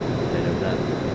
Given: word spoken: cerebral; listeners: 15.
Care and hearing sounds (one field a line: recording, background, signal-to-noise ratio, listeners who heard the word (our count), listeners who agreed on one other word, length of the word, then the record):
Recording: one Spanish word in noise, from a listening test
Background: speech-shaped noise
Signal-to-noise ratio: -5.7 dB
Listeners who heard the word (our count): 1 of 15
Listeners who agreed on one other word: 12 of 15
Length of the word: 0.75 s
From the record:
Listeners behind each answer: 12, 1, 1, 1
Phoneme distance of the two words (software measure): 20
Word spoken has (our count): 3 syllables, 8 phonemes, stress on syllable 3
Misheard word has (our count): 3 syllables, 8 phonemes, stress on syllable 3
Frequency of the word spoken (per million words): 16.78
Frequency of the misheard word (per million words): 23.64